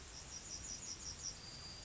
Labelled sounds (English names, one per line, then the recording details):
Yellowhammer song
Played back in grassland
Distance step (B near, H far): F
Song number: 045